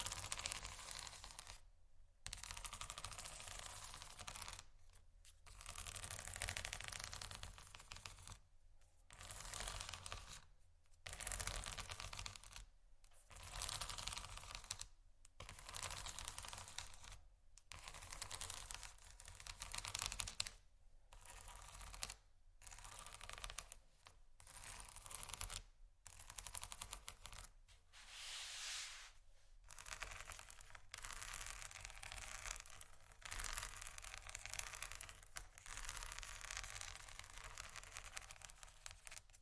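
Scratching over a bumpy surface in repeated bursts, each a rough, dense rasp of rapid clicks lasting one to three seconds. Short silent gaps separate the strokes, about every two seconds throughout, with a low rumble underneath.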